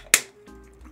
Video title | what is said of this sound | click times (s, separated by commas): Unboxing a Pokémon HAUL! | you can hear it snap shut, but then, like, what | 0.1 s